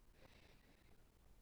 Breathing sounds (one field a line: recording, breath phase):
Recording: one breath near a microphone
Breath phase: inhalation